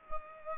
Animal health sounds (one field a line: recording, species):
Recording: mosquito wingbeat signal from an infrared sensor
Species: Culex pipiens